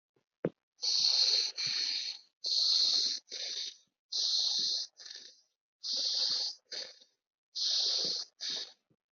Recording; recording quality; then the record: shallow breathing; excellent, no background noise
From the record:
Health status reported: healthy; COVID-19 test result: negative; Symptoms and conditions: none ticked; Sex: male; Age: 18 years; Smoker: not ticked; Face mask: worn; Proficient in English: yes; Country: India